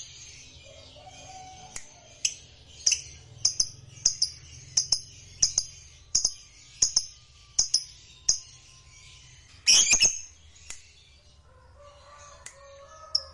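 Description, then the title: Lovebird chatter, a dense buzzy twitter with sharp chips, one harsh squawk, then soft whistled notes. Lovebird singing with spontaneous excitement, meant to rouse a lazy, quiet lovebird into song. "LOVEBIRD Malas Bunyi JADI GREGET SPONTAN Langsung NARIK"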